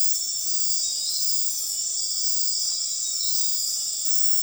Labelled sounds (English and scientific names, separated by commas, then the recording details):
none
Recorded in dense forest near Puerto Asís, Putumayo, Colombia, on 21 February 2024 at 02:30
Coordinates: 0.502, -76.326
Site G6460